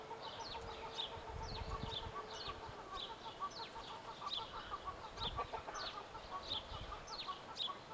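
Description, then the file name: Great tit calls, short high notes repeated steadily throughout, with low clucking underneath. "Parus major"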